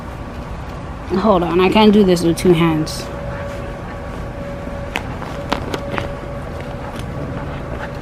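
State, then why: Seated. A lavalier microphone's 3.5 mm plug is pushed one-handed into a laptop's headphone jack or adapter. Someone talks briefly, then a sharp click at 4.9 s marks the plug seating, followed by a few smaller handling taps up to about 6.0 s. The plug is seated and the click is audible.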